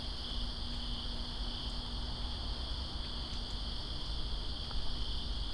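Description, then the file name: Cricket chorus as a constant high trill in stacked bands, unbroken throughout, with rain hiss and a faint low hum underneath. Crickets heard in rain, Greensboro, 2 September 2017. "Greensboro Crickets And Rain-2017-09-02"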